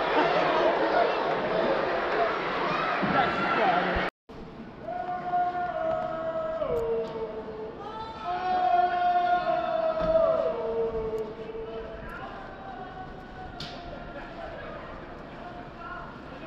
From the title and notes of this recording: Wrestling at Madison square garden. Mostly of people chanting!